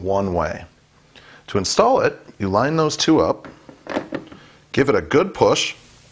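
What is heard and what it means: A keyed plastic water outlet tube is lined up by its flat spot with the top spout of an AlkaViva Vesta GL988 water ionizer and given a good push, while someone talks throughout. A few faint, short ticks of handling are heard between the words. Nothing has seated or clicked into the spout yet.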